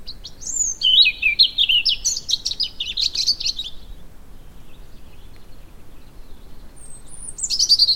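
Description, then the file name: European robin song: a long run of high, liquid, wavering notes that rise and fall, then a pause before a fresh thin phrase begins. "Erithacus rubecula"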